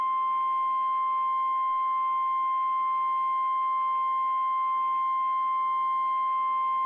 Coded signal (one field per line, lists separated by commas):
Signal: Emergency Alert System (SAME) tones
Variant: 1050 Hz attention tone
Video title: Real EAS #427 - SVR